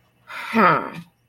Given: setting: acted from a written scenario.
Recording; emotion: vocal sound without words; confusion